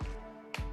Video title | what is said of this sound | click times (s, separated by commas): Samsung Galaxy Z Fold 3 - Case Line Up and Review! | Pop that in there. Done. | 0.5 s